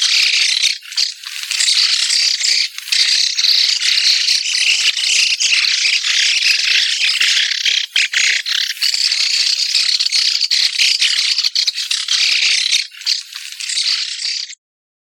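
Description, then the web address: White-cheeked starlings in a loud, unbroken chorus of grating, squeaky chatter from many birds, ending abruptly in silence. "sikioto. mukudori"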